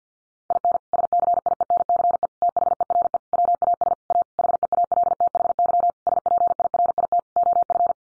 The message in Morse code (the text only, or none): IN SCIENCE THERE WAS A HEALTHY SPIRIT OF